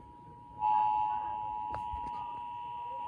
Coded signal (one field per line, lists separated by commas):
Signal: Emergency Alert System (SAME) tones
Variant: 853 and 960 Hz attention tone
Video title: November 2020 DC-Metro Monthly Test Day - WTOP, Verizon FiOS, and WETA-FM - EAS 30-32